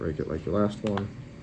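A replacement screen assembly for an iPhone 11 is pressed gently around its edges into the phone frame, not squeezed hard so the screen doesn't shatter, while someone talks. Nothing has seated or clicked into place yet.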